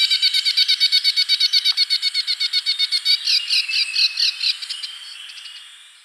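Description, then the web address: Grass-green tanager giving a fast run of buzzy, chattering notes that slows and fades toward the end. Ecuador. "Natures Songs S America Birds of Ecuador Grass-green Tanager"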